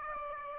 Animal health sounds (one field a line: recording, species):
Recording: mosquito wingbeat signal from an infrared sensor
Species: Aedes aegypti